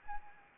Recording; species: mosquito wingbeat signal from an infrared sensor; Anopheles arabiensis